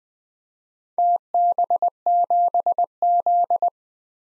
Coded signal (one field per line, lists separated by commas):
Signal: Morse code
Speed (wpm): 20 wpm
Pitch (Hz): 700 Hz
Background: none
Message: TB7Z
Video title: DXCC-100 Call Signs - 4 Character 20wpm